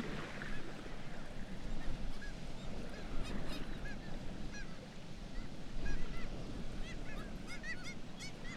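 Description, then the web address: Black-legged kittiwakes calling, many quick arched nasal notes overlapping in a busy chorus that thickens toward the end, over constant deep rumble. "sound Black-legged-kittiwake. صدای-پرنده-کاکایی-پاسیاه"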